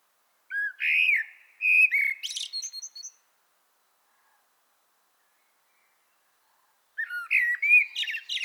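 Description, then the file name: Common blackbird singing two phrases several seconds apart, the first a low rich fluting warble followed by a thin, high, scratchy twitter, the second cut off at the end. "Turdus merula"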